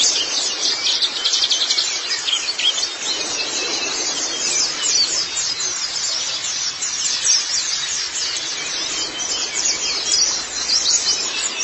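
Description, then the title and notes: White-eye song: dense, high-pitched twittering runs continuously, many quick chirps overlapping throughout with a soft hiss beneath. "Kicauan Burung Pleci Durasi Panjang. Suara kicauan burung pleci"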